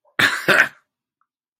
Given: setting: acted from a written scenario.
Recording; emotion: vocal sound without words; amusement